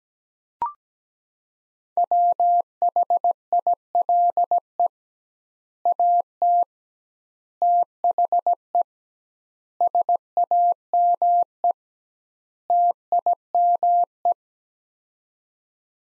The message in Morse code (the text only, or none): WHILE AT THE SAME TIME